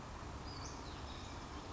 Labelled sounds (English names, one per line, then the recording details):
Western Flycatcher
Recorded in Sonoma County, California